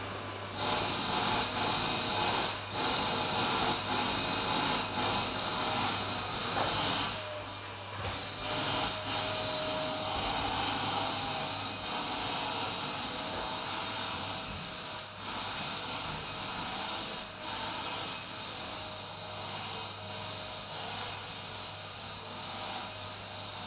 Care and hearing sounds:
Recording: daily activity, microphone in the room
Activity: vacuum cleaning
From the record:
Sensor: 2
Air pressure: 1010.1 hPa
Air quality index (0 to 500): 162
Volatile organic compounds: 7 ppm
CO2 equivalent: 2030 ppm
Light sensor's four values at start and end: 36/88/39/44 and 37/91/40/45

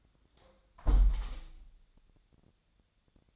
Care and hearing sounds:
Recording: daily activity, microphone in the room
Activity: close window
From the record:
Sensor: 3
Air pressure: 1000.4 hPa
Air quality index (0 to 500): 154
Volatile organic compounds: 3 ppm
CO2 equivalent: 1336 ppm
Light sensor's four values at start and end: 13/35/13/15 and 13/34/13/15

